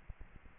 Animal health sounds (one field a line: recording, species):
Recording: mosquito wingbeat signal from an infrared sensor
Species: Aedes albopictus